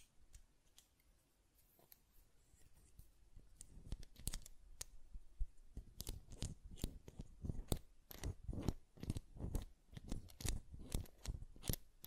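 Button clicking and tapping, sparse and quiet for the first few seconds, then growing denser and louder from about four seconds on. The sharp clicks come in quick irregular bursts, some crisp and bright, others with a dull low thump. Nothing else is heard behind them.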